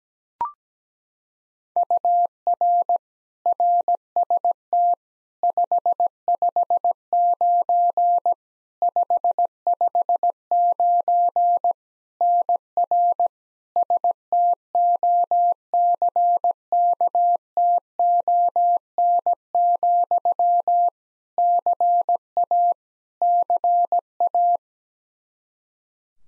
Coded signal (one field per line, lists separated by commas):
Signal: Morse code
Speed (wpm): 17 wpm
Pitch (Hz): 700 Hz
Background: none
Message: UR RST 559 559 NR STOCKTON, CA CA